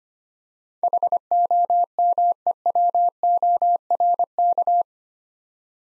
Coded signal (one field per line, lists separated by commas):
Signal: Morse code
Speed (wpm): 25 wpm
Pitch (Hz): 700 Hz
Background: none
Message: HOMEWORK